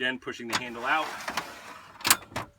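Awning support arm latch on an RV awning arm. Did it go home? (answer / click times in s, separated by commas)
yes / 2.1 s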